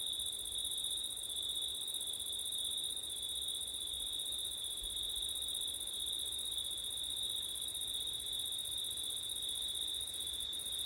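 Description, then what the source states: Crickets give a continuous high trill in two bands, even and unchanging across the stretch, with soft rumbling underneath. Crickets recorded on a September night with wind.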